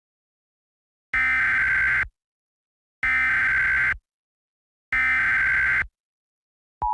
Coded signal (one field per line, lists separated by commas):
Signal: Emergency Alert System (SAME) tones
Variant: header bursts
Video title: EAS - Civil Emergency Warning - Stay away from #meowbah @Meowbahx #predator #online #emergencyalert